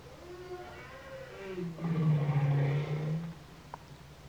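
Bowhead whale call, a few short gliding tones followed by a loud low droning moan with harmonics, over a constant low background hum.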